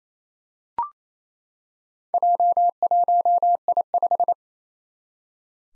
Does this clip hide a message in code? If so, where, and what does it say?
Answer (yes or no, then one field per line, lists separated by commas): yes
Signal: Morse code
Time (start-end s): 2.1-4.3 s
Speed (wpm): 27 wpm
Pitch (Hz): 700 Hz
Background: none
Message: J1I5